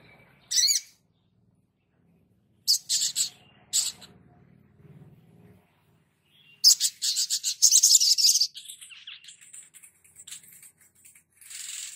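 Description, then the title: Spiderhunter with sharp high chirps, a rapid burst of buzzy notes, then thin continuous twittering; a faint low hum underneath. Labaik variant of a masteran, a training recording for cage birds. "Sogok Ontong Labaik"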